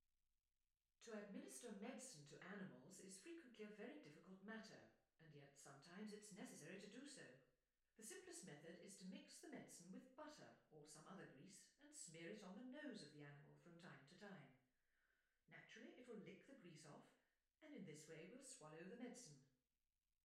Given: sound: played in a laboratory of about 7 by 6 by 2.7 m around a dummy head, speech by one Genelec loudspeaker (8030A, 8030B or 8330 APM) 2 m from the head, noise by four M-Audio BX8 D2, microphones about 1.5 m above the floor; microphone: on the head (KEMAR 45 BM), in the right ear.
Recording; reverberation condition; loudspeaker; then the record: female speech in English; medium; 90 degrees to the left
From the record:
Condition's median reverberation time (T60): about 510 ms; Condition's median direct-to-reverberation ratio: about -0.5 dB